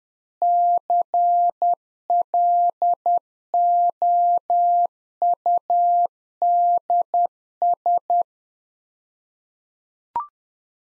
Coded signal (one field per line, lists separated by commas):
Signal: Morse code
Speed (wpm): 10 wpm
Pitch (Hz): 700 Hz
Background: none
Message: CLOUDS